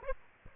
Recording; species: mosquito wingbeat signal from an infrared sensor; Aedes aegypti